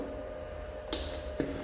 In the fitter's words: ये क्लिक करके लग गई। क्लिक की आवाज़ आई।